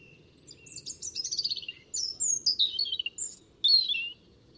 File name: Erithacus rubecula